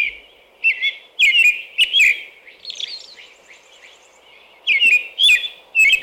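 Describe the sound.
American robin song of clear whistled phrases in quick runs, a softer high, thin passage in the middle, then another burst of carolling.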